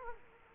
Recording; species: mosquito wingbeat signal from an infrared sensor; Culex quinquefasciatus